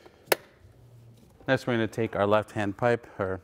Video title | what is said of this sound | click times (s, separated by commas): BMW F8X M3 M4 Eventuri Intake Upgrade DIY (2015-2020 BMW F82 M4, F80 M3, S55 Engine Cold Air Intake) | and just push the button in and lock it | 0.3 s